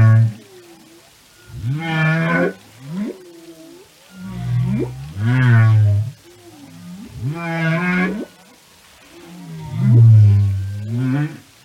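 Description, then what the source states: Whale singing in a series of low, harmonic moans, several phrases separated by pauses. Whale songs and communication.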